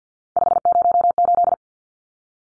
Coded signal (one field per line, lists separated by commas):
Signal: Morse code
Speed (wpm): 50 wpm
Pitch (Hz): 700 Hz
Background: none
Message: 508